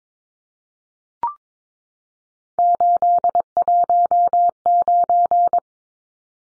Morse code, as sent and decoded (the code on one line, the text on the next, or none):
---.. .---- ----.
819